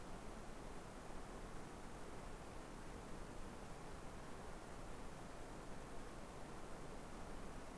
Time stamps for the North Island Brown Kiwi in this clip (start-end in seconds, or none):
none